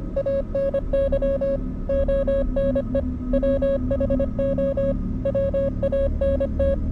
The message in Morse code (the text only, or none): ANY ONE WHO WANT